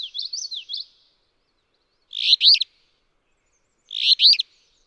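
Alder flycatcher song, a burry, buzzy two-part phrase given twice about two seconds apart, after an opening series of thin, rising-and-falling whistled notes from another bird.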